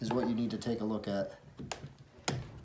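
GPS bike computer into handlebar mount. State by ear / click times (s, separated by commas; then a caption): seated / 1.7 s, 2.3 s. Someone talks while a Hammerhead Karoo GPS bike computer is twisted into its handlebar mount until the key engages. Two sharp clicks follow at 1.7 s and 2.3 s, and the computer is locked into the mount.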